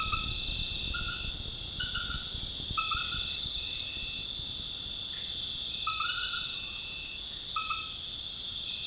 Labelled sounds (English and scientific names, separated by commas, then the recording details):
none
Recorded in pastures near Puerto Asís, Putumayo, Colombia, on 29 June 2025 at 19:30
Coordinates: 0.466, -76.322
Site GP07